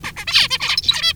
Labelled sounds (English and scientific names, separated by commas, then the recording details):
Zebra Finch (Taeniopygia guttata) song
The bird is a male
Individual mal5